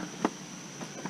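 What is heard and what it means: A plastic lighting accessory from MyTrickRC is worked onto the body or chassis of a custom TRX4 police tactical unit RC crawler truck, going up, in and tilting down. Faint handling rubs come with a sharp plastic tap at 0.3 s, softer taps near 0.8 and 1.1 s, and a steady high-pitched tone throughout. Nothing has seated or clicked into place yet.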